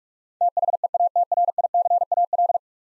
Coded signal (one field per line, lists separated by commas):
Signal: Morse code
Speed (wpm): 42 wpm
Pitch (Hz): 700 Hz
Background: none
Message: THEATRICAL